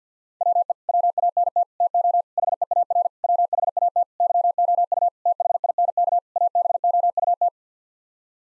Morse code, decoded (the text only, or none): WE WANT TO HEAR WHAT YOU THINK ABOUT